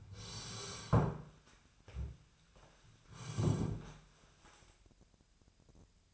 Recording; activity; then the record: daily activity, microphone in the room; sit down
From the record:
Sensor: 2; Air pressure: 1015.1 hPa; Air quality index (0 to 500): 152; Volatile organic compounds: 7 ppm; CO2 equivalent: 1965 ppm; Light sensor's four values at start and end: 11/26/11/11 and 13/34/13/15